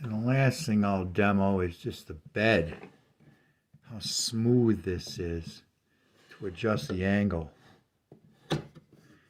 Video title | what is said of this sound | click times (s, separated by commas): miter saw metabo | And it's got positive click in. Look at that. | 8.1 s